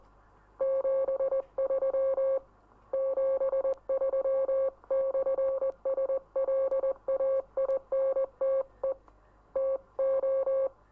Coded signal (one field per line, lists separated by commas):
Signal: Morse code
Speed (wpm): 20 wpm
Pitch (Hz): 540 Hz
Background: none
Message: 73 73/SLAINTE TO